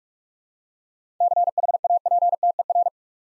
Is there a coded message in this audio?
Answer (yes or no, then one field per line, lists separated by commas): yes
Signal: Morse code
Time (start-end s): 1.2-2.9 s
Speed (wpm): 44 wpm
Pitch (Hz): 700 Hz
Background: none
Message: CHAPTER